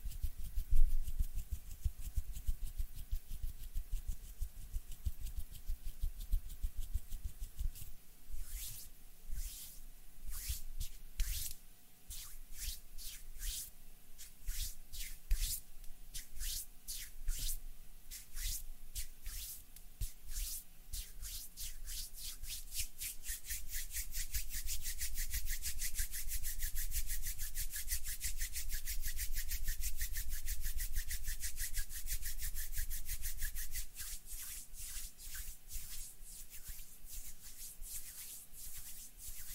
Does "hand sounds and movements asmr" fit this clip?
yes